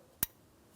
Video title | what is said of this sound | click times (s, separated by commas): How to Replace Alternator 2007-2014 GMC Sierra 2500 HD 6.0L V8 | After an audible click, we'll just make sure that's secured in place. | 0.2 s